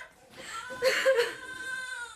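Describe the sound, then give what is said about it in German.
A baby upstairs wails in a thin, high, wavering cry that swells into a couple of louder strained bursts midway, then trails on in a steadier, fainter whine. No one speaks. “Wo ist mein Baby? Doch, hören Sie da oben, es weint, hören Sie.”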